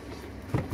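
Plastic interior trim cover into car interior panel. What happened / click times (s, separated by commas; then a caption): The trim cover is being handled and has not latched yet / none. A light plastic interior trim cover is handled and put back into place on an interior panel of a Honda Civic 1.8. Soft low handling noises are heard, with a brief louder bump around 0.55 s and a smaller one near 0.7 s. Nothing has seated or clicked yet.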